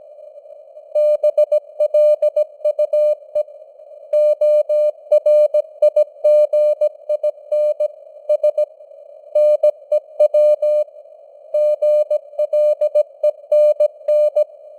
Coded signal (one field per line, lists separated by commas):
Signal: Morse code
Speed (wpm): 17 wpm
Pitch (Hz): 600 Hz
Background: none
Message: BLUE ORIGIN S NEW GLENN